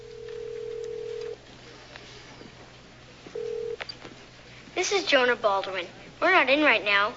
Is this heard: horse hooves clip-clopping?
no